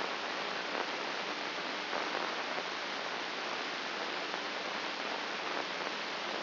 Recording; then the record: brain microelectrode recording played as sound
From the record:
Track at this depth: outside the subthalamic nucleus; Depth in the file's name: 6.829 mm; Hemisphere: left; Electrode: 2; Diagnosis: Parkinson's disease